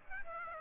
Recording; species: mosquito wingbeat signal from an infrared sensor; Aedes aegypti